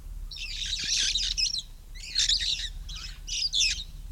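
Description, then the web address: Red-fronted parrot, one long rasping screech followed by three shorter harsh squawks in quick succession, above faint low background noise. "parrots poicephalus-gulielmi"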